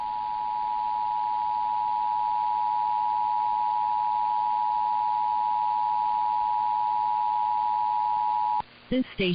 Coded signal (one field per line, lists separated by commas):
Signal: Emergency Alert System (SAME) tones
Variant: 853 and 960 Hz attention tone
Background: speech